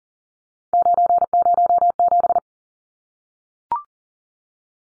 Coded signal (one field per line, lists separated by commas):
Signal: Morse code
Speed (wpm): 40 wpm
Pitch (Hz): 700 Hz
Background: none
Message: 907